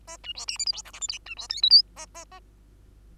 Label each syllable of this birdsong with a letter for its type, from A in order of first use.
A B C D E F G H I J K B C L M N A A A